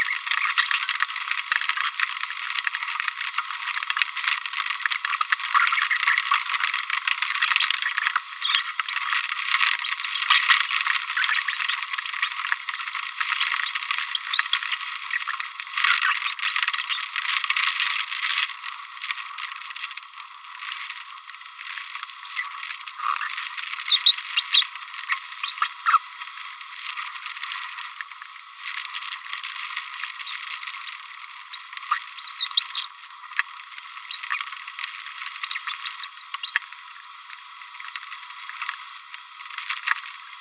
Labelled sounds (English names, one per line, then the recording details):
Green-rumped Parrotlet babbling
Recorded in a nest box in Venezuela
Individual 18B25A5